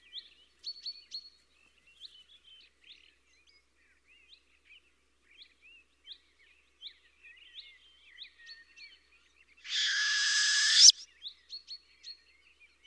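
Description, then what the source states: Owl screech: a rough, drawn-out hiss of about a second late in the recording, with thin, high chirps scattered around it. Fierce call.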